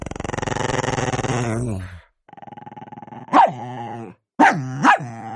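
A large mastiff snarls and growls in a drawn-out, rumbling tone, falls silent briefly, then lets out sharp, loud, aggressive barks over a sustained growl, with a double burst near the end.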